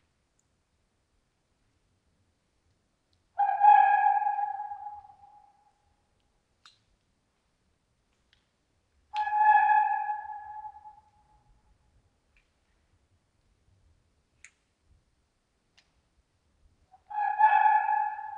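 A red fox calls three times at night, at roughly six-second intervals, each a ringing, mid-pitched cry that starts hard and fades out over about two seconds. Between calls the night is nearly silent apart from a few faint, scattered ticks.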